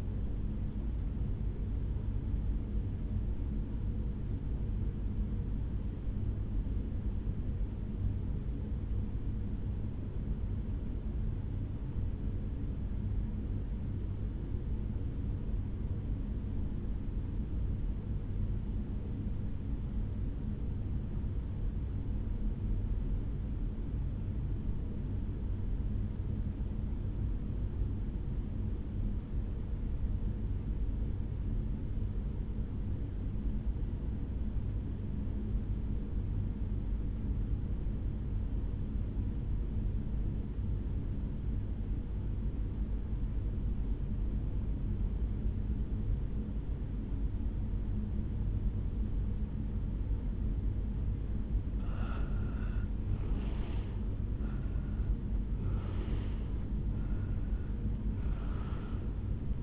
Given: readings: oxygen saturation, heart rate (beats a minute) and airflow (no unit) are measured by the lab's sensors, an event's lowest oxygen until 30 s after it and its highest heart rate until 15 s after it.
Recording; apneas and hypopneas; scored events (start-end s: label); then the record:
breathing in sleep by a smartphone at the bedside; 1
7.00-51.70 s: obstructive apnea (REM, oxygen 97% highest, then 76% lowest, heart rate 62 at the start, 82 highest)
46.00-59.63 s: new sleep stage, N1 (lightest sleep)
From the record:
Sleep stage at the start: REM sleep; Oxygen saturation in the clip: 78 to 97%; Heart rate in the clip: 58 to 81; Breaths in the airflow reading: 4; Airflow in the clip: -9.7 to 6.4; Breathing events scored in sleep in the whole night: 449 in 7.0 hours asleep